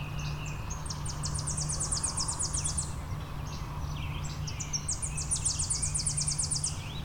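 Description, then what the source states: Tennessee warbler song sung twice: a run of sharp, very high chipping notes that starts hesitantly and speeds up, over steady background noise and faint other birds. Bird singing in front of the recordist; song has a tentative start, then speeds up as it goes along, not a consistent trill.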